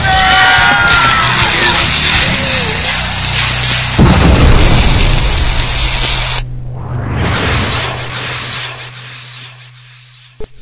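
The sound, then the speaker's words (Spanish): A computer crackles and blows up: loud, dense crackling and hissing with rumbling bursts, a sudden jolt partway through, a brief cutout, then the crackle surges back before sputtering out. “La computadora está valiendo madre, güey. Ya, está tronando, güey.”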